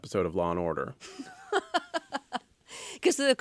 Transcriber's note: laughter